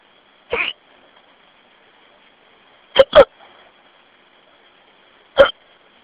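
Four abrupt, short gulping bursts over six seconds, two close together, with irregular spacing, heard over a phone line with a faint steady tone in the background. These are hiccups in an adult, sudden involuntary spasms of the diaphragm closing off the breath.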